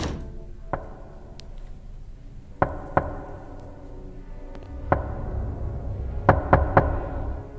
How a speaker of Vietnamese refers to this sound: Lại có tiếng gõ cửa tiếp. Kỳ lạ, tiếng gõ cửa vang rời rạc lắm.